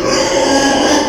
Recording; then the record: squeal of a Yucatan mini pig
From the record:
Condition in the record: before surgery on the right vocal fold (resection and tissue-engineered implant); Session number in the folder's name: 1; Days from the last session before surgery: -3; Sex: male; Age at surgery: 12 weeks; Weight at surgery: 13 kg